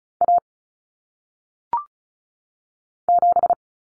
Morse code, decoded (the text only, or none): A 7